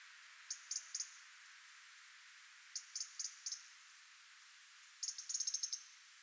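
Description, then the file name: European robin giving spaced high ticks in two groups of three or four, then a faster, denser rattle of clicks near the end. "Erithacus rubecula"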